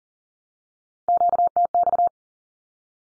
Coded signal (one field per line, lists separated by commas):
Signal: Morse code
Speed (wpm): 40 wpm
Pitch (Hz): 700 Hz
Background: none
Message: QTX